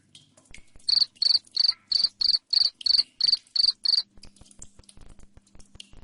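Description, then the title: Cricket chirping, a string of about ten high, evenly spaced pulses, then quieter clicking and a low steady hum. Loud cricket chirping played to make lovebirds sing continuously. "Suara JANGKRIK NGERIK Keras Bikin LOVEBIRD Jadi NGEKEK Terus Vubey"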